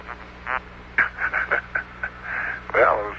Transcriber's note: laughter